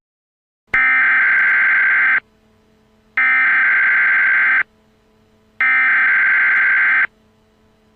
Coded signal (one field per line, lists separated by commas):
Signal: Emergency Alert System (SAME) tones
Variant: header bursts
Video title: EAS MOCK - Attack on Story Land